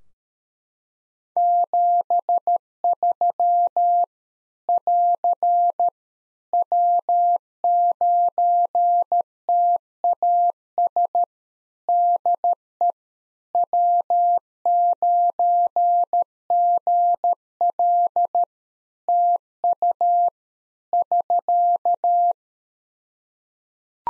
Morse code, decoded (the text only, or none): 73 <AR> W9TAS DE W9GL TU <SK>